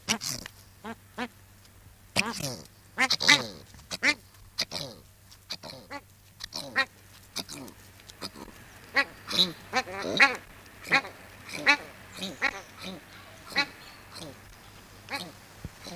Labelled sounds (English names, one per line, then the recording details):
Australian Shelduck call
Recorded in captivity
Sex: pair
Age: adult
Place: Zoo Rostock, Mecklenburg-Vorpommern, DE
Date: 1984-02-04 14:33
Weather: overcast, 3-6°C
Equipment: Nagra SN, Kopie Uher 4000 Report Monitor
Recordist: Tembrock, Günter